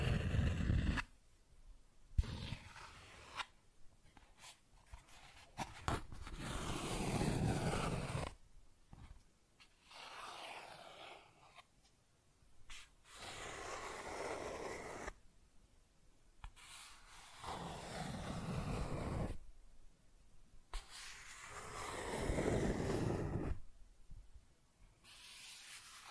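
Cardboard is scratched and rubbed in uneven bursts of rough, papery noise, broken by brief silences, with a few louder sweeping strokes around ten and twenty seconds.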